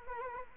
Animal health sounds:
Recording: mosquito wingbeat signal from an infrared sensor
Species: Culex quinquefasciatus

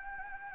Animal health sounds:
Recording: mosquito wingbeat signal from an infrared sensor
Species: Anopheles arabiensis

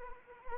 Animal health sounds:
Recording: mosquito wingbeat signal from an infrared sensor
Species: Anopheles arabiensis

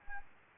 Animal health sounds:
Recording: mosquito wingbeat signal from an infrared sensor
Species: Anopheles arabiensis

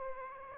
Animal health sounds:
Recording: mosquito wingbeat signal from an infrared sensor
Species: Aedes aegypti

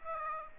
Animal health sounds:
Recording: mosquito wingbeat signal from an infrared sensor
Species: Aedes aegypti

